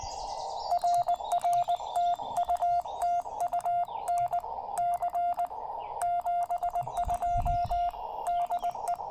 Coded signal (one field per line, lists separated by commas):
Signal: Morse code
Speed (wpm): 18 wpm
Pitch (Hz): 700 Hz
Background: none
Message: RR TU TU NC 72 DE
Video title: Hamvention 2024: POTA Activation Kickoff at Strouds Run State Park in Athens, Ohio!